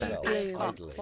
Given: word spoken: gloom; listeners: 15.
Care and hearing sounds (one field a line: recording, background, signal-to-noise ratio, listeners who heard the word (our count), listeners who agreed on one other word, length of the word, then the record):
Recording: one English word in noise, from a listening test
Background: four-talker babble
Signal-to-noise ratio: -0.4 dB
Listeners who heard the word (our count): 0 of 15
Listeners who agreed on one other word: 6 of 15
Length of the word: 0.62 s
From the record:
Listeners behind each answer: 6, 2, 2, 1, 1, 1, 1, 1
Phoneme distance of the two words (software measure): 37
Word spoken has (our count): 1 syllable, 4 phonemes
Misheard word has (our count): 1 syllable, 3 phonemes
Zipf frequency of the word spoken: 3.60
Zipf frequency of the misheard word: 3.85